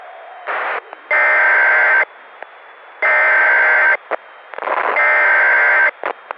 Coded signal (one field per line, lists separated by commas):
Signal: Emergency Alert System (SAME) tones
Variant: header bursts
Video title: VIDEOPASTA:The National EAS Test Hijacking of 2011 (MY TAKE)